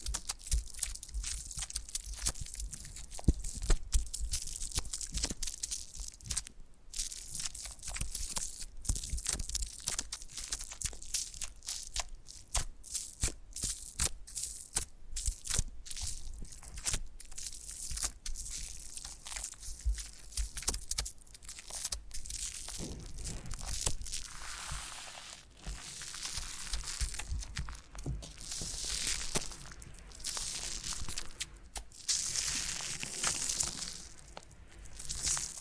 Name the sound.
Foam Massage